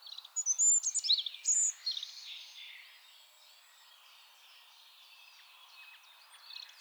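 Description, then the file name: European robin singing a rapid, sparkling burst of high warbled notes, followed by several seconds of near silence with faint notes. "Erithacus rubecula"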